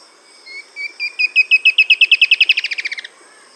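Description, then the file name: Bird trill: spaced whistled notes quicken into a fast, dense series, the later notes harsher and slightly falling, ending sharply after about two and a half seconds. "SABIOD 50 bird 2015"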